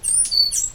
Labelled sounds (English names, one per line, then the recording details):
Stitchbird song
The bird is a male
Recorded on Tiritiri Matangi Island, New Zealand, in 2005
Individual 14, of nest box 20